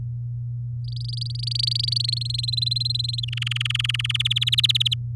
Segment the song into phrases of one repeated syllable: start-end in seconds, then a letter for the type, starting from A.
0.84-2.37 A, 2.38-3.20 B, 3.23-4.17 C, 4.19-4.94 D